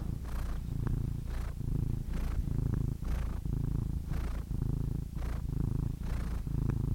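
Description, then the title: Domestic cat giving a deep rumbling purr, with breath pulses about once a second. Compilation of domestic cats, from kittens to old cats. "The Ultimate Compilation of Adorable Cat Meows"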